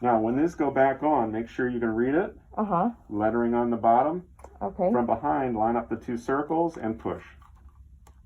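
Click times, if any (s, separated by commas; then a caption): 8.1 s. Someone talks while a plastic ventilation mask component is lined up by its two circles from behind and pushed onto the mask frame. A faint tick at 7.7 s is followed by a sharper click at 8.1 s as the part seats.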